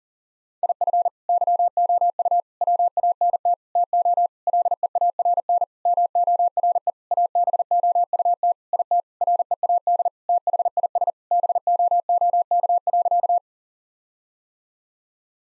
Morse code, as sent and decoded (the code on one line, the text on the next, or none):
.. ..-. / -.-- --- ..- / .-- .- -. - / - --- / .-.. . .- .-. -. / -- --- .-. . / .- -... --- ..- - / .. - / .-. . .- -.. / - .... .. ... / -... --- --- -.- .-.-.-
IF YOU WANT TO LEARN MORE ABOUT IT READ THIS BOOK.